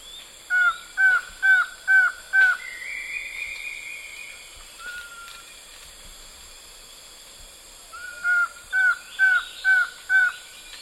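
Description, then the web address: White-shouldered antshrike song: a run of five short, arched whistled notes about every half second, pausing, then another matching five-note series, over a steady faint hiss. Eastern lowlands of South America. "Natures Songs S America Eastern Lowlands White-shouldered Antshrike"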